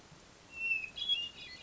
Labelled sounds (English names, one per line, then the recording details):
Hermit Thrush
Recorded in Sonoma County, California